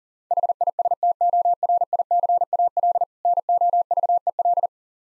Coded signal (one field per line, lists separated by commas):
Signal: Morse code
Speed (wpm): 37 wpm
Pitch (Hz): 700 Hz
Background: none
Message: HISTORICAL NOVEL